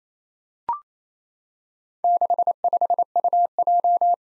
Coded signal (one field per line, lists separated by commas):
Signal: Morse code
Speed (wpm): 28 wpm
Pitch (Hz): 700 Hz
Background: none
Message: 65UJ